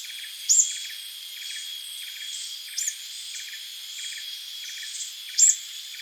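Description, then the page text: Plain sunbird giving three brief, high, thin call notes spread throughout, with continuous insect buzzing and rhythmic cricket trills behind. "Plain Sunbird Calls. Quick Sounds library"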